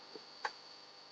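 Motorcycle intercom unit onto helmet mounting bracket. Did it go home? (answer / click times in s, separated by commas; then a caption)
yes / 0.5 s. A SENA B20 motorcycle mesh intercom unit is lined up by its two slots with the mounting bracket on the helmet and pushed down. A sharp click sounds at 0.5 s, with a softer tap just before at about 0.2 s, over a steady high-pitched background hum. The click means the unit is locked onto the mount.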